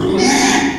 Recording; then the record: squeal of a Yucatan mini pig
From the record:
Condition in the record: after surgery on the right vocal fold (resection and tissue-engineered implant); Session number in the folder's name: 3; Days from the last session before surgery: 33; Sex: male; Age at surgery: 12 weeks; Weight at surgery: 13 kg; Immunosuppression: cyclosporine, prednisolone